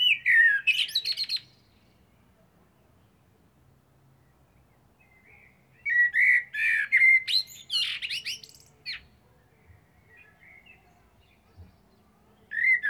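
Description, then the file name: Eurasian blackbird song, with rich warbled phrases and high chattering twitters, coming in bursts between long pauses. "Turdus merula"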